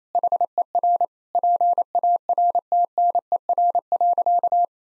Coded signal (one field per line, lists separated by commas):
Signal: Morse code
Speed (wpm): 28 wpm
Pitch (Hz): 700 Hz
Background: none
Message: HER PARTNER.